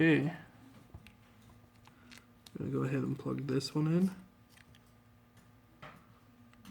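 Someone talks while a replacement LCD's display flex cable connector is being handled over its socket on an iPhone 6s logic board, with only a few faint light ticks and handling noises between the words. Nothing has seated or clicked yet; the clip ends just before the connector goes home.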